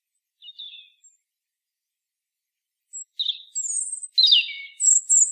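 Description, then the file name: European robin song: thin, high, varied phrases with sliding whistles, a short phrase and then, after a long silent pause, a denser run of phrases. "Erithacus rubecula"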